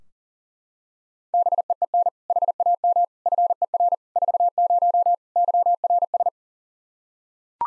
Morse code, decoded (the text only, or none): BEEN HAM FER 40 YRS